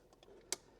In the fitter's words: Insert that into the plug. Snap in place.